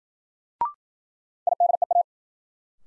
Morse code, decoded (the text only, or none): IDEA